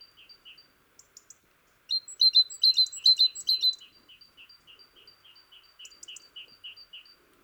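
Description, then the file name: Great tit calls: soft, high, paired notes, then a loud run of rapid, sharp chirps, then the quiet paired notes resume at a steady pace. "Parus major"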